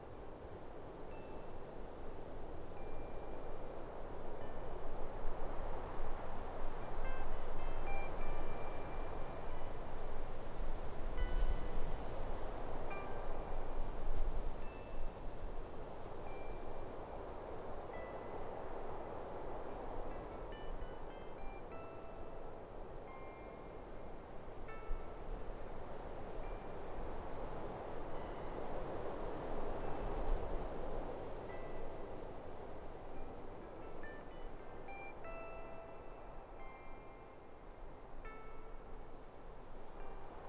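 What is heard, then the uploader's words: Wind roars steadily across a mountain top, swelling and easing in slow gusts roughly every ten seconds. Short, bright tinkling tones scatter through it from start to end, like small chimes or ringing metal stirred by the wind, while low rumbling buffets sit underneath. On top of a mountain.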